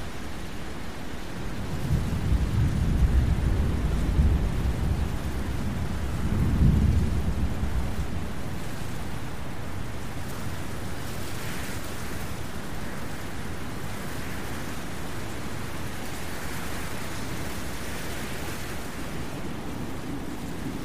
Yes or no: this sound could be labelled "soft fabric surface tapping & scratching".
no